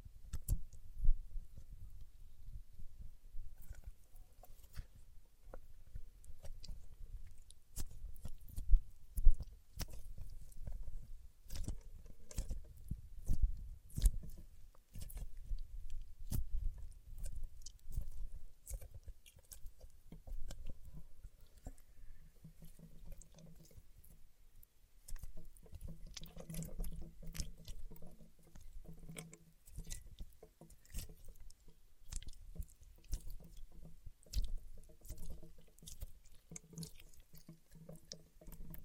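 Paraffin wax being peeled, tapped and scratched, giving a dense run of small dry clicks, crackles and scrapes throughout. Sharp taps stand out around 9 and 14 seconds, and a low rumbling bed sits underneath, with a soft buzzing tone after about 25 seconds.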